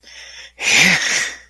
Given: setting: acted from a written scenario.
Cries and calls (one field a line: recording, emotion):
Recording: vocal sound without words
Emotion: triumph